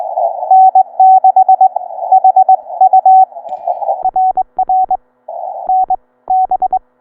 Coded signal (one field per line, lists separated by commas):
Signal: Morse code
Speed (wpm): 23 wpm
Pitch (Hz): 750 Hz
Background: none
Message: N6HU RR NB